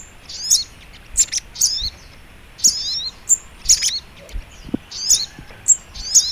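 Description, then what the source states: Little Spiderhunter chirping song: shrill, clipped notes with slurred trills, roughly one burst per second, with brief pauses between groups. Masteran (training) recording; song style called labaik.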